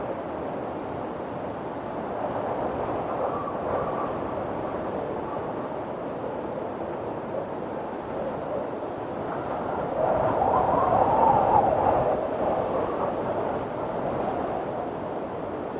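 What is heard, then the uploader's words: A winter wind storm roars steadily, a dense low rushing that never lets up. Around three to four seconds and again from ten to twelve seconds the gusts swell louder with a hollow, howling tone before easing back. Winter Wind Storm: Let the Sounds of Blowing Snow and Howling Winds. The howling winds and blowing snow. Sounds of a winter wind storm.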